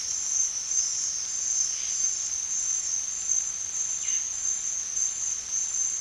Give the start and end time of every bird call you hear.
[3.95, 4.32] bird call (1.1-4.6 kHz)

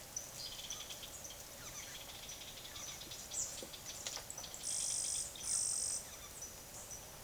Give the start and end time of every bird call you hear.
[0.02, 6.47] bird call (1.3-11.1 kHz)

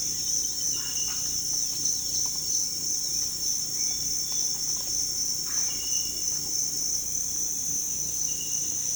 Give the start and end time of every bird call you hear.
[0.68, 0.82] bird call (3.3-4.6 kHz)
[1.25, 1.72] bird call (3.1-4.8 kHz)
[3.01, 3.15] bird call (2.8-4.6 kHz)
[5.44, 5.60] bird call (0.7-2.5 kHz)

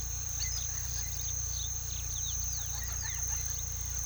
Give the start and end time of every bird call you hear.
[0.27, 3.51] bird call (0.7-5.6 kHz)

